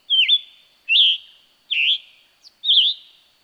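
Scarlet tanager singing four rough, buzzy phrases in quick succession, each slurred and burry, spaced under a second apart.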